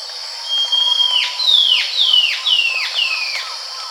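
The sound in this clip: Bird calling with a long steady high whistle, then a quick series of sharply down-slurred whistled notes, about two per second, over a constant high hiss.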